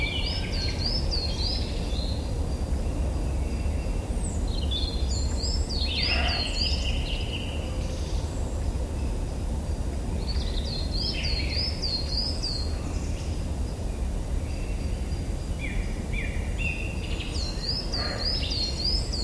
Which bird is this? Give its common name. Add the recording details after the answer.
Coal Tit. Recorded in the wild. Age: adult. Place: Villach, Kärnten, AT. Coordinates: 46.591, 13.824. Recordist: Brunner, Thomas. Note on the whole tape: Aufnahme: Ende Februar, Napoleonswiese, Villach